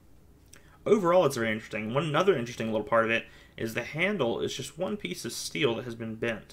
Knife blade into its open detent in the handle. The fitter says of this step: when it opens up clicks right into place there as well overall